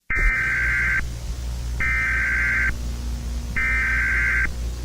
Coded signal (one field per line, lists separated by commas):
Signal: Emergency Alert System (SAME) tones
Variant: header bursts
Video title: MIKE THE CLOWN EAS TAPE (Mike’s burgers and pizza 3: the clown’s return to Catoosa County)